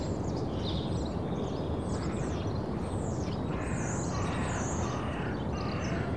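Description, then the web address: Birds singing, high chirps and quick sweeping whistles scattered throughout above a loud steady low rumble. Suburban birds in early morning. "The BBC Sound Effects Library - Complete 60 CDs Collection. Early Morning Suburban Birds"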